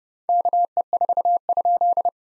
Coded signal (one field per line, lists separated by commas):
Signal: Morse code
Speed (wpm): 30 wpm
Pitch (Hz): 700 Hz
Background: none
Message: KE4?